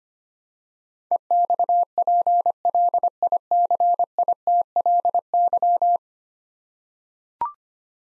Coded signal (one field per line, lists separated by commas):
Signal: Morse code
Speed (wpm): 25 wpm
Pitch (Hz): 700 Hz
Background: none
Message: EXPLICITLY